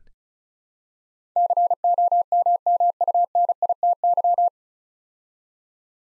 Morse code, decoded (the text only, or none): COMMUNITY